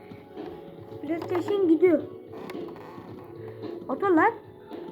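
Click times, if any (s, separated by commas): none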